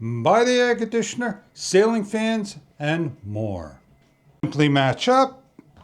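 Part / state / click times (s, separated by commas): floor brush head onto vacuum tube / not seated / none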